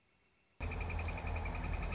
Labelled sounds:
Northern Flicker (Colaptes auratus)

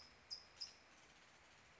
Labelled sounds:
California Towhee (Melozone crissalis)

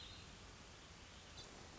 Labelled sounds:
Hermit Thrush (Catharus guttatus)

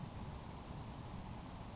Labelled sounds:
Grasshopper Sparrow (Ammodramus savannarum)

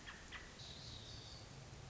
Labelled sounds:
American Robin (Turdus migratorius)

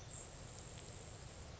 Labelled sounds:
Grasshopper Sparrow (Ammodramus savannarum)

